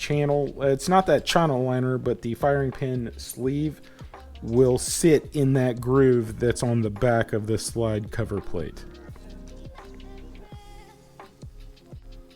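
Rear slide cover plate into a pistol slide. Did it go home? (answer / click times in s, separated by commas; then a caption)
no / none. Someone talks over background music while the rear slide cover plate of a Glock Gen 5 pistol slide is slid up into the grooves on the back of the slide, with the firing pin and extractor plunger held down. Faint handling ticks follow near the end as the talk fades. The plate has not seated or clicked into place yet.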